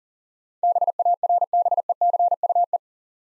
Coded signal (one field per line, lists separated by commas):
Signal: Morse code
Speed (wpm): 43 wpm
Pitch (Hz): 700 Hz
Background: none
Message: BARBECUE